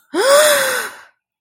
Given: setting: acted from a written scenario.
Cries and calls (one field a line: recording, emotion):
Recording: vocal sound without words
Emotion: distress